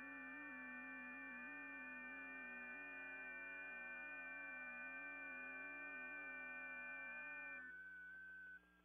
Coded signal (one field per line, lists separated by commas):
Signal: FT8